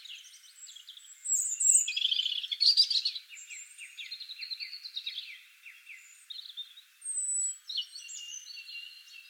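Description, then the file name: European robin song: soft high warbling, then louder jumbled twitters and a run of repeated thin notes, with further scratchy phrases and high whistles. "Erithacus rubecula"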